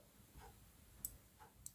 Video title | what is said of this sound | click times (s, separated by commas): AD collection in chokers - Comfort Knot Treasure - gold look bangles set of 6 | ये इस तरह से लॉक हो जाएगी। | 1.1 s, 1.7 s